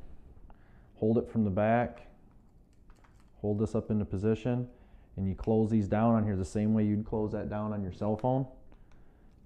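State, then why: Seated. A drone remote controller is held in position on a tablet holder clamp mount while someone talks, and the clamp arms are closed down onto it the way they would close on a phone. Two sharp clicks at 8.7 s and 8.9 s follow, and the remote is seated and locked in place.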